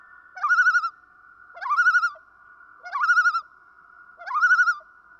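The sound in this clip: Common loon tremolo calls: four short, rapidly quavering phrases, each starting with a rising note, repeated roughly every 1.3 seconds over a steady faint tone.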